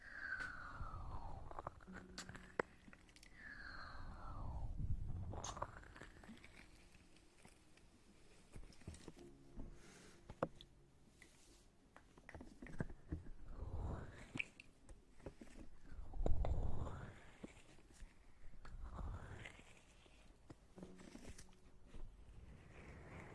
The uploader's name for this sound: Ear Eating & Hand Movements